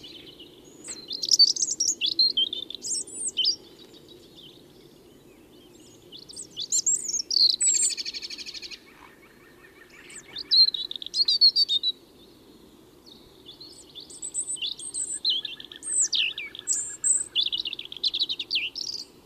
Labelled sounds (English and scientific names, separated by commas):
European Robin (Erithacus rubecula) song